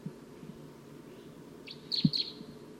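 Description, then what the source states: Crossbill calls: a few short, sharp high notes near the end, over low thumping noise. Wild bird giving a V-shaped call, perched in a dead tree just beyond a net; looks like a small female.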